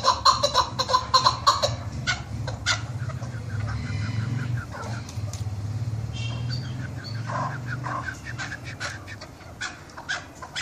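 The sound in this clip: Partridge calls: a burst of quick clucking notes at the start, then scattered harsh calls over a steady low rumble.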